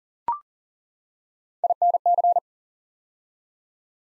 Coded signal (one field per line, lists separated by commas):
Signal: Morse code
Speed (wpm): 39 wpm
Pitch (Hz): 700 Hz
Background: none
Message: INC